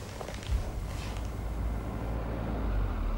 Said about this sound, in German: Sie hörten einen Wagen herankommen. Er bremste und hielt vor der Maus.